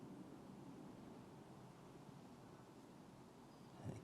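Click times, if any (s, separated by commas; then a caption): none. A fabric CPAP headgear strap is threaded by hand through the channels of a plastic nasal mask frame until it comes out the top. Only a steady low rustle and handling noise is heard, with a brief soft bump near the end. The strap is only being handled, and nothing has locked or clicked yet.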